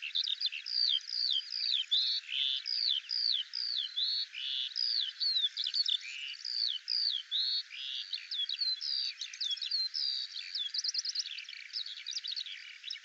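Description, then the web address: Eurasian skylark singing a long continuous outpouring of rapid, varied chirping notes and short trills, high-pitched and sustained throughout. "Deverinetal 2025 File cleaned normalized Bird Al Ar"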